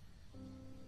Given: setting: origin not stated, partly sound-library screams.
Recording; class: one-second piece from a danger detection set; normal situation